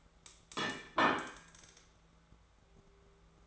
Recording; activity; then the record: daily activity, microphone in the room; place plate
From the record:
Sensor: 3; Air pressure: 1015.0 hPa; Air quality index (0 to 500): 209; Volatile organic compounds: 34 ppm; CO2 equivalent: 3045 ppm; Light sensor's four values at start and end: 33/80/35/37 and 34/83/36/39